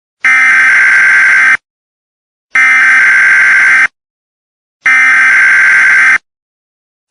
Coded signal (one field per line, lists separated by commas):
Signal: Emergency Alert System (SAME) tones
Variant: header bursts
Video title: EAS Scenario - The Zompocalypse: Part II